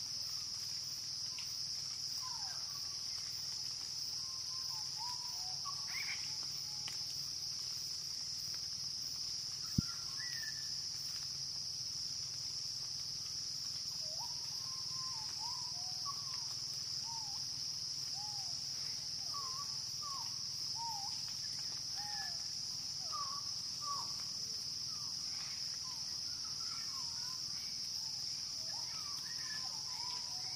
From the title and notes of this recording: Jungle Sounds - Soothing Sounds of the Jungle with Paradise Birds to help you sleep and relax.